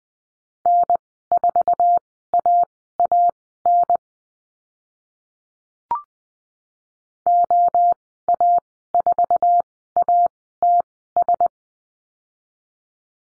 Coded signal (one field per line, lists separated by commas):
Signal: Morse code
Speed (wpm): 20 wpm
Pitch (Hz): 700 Hz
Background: none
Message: N4AAN OA4ATS